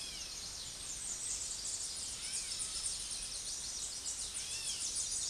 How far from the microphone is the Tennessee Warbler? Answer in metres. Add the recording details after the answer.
about 40 m. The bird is about level with the microphone. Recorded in a Pennsylvania forest on 16 May 2024 at 08:29. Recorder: AudioMoth, point MSD-2027. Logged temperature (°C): 15.6 °C. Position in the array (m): 73 m, 205 m